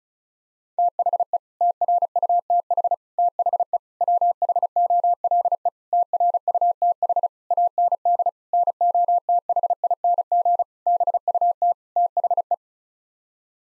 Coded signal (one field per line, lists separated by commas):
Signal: Morse code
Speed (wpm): 36 wpm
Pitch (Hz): 700 Hz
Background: none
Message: THE TRUTH THE WHOLE TRUTH AND NOTHING BUT THE